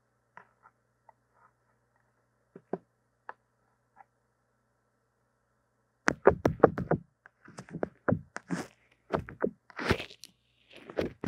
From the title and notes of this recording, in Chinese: 刷刷&敲敲線麥。Brain Tingling Brushing & Tapping。No Talking。